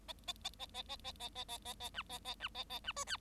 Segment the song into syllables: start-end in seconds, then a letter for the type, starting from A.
0.08-0.13 A, 0.27-0.33 A, 0.44-0.49 A, 0.59-0.65 A, 0.74-0.82 A, 0.88-0.96 A, 1.04-1.12 A, 1.19-1.29 A, 1.35-1.44 A, 1.48-1.58 A, 1.65-1.73 A, 1.80-1.89 A, 1.94-2.02 B, 2.09-2.18 A, 2.25-2.34 A, 2.40-2.48 B, 2.54-2.64 A, 2.69-2.79 A, 2.84-2.92 B, 2.96-3.04 C, 3.07-3.17 D